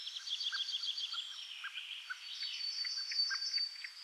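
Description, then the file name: European greenfinch twittering, quick high chirping notes in a rolling series, then a drawn-out steady whistled tone, with soft lower clicks beneath. "Chloris chloris"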